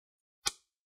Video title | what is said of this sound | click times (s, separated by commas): How to Upgrade RAM on Asus Tuf Gaming F15 FX506H Laptop - Step-by-Step 💻 | other one and once you put the screen makes a click because it's pushing the cover to itself if you see any opening just | 0.5 s